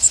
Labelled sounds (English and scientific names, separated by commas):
Magnolia Warbler (Setophaga magnolia) flight call